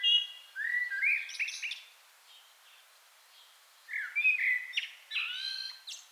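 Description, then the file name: Common blackbird song in two bursts, each mixing fluty mid-pitched notes with scratchy, higher squeaks and trills, with a silent stretch in the middle. "Turdus merula"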